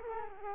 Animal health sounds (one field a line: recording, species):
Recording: mosquito wingbeat signal from an infrared sensor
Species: Culex quinquefasciatus